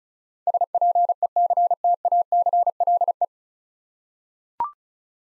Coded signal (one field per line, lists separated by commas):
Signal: Morse code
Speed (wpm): 36 wpm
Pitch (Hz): 700 Hz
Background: none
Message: SPECTACLE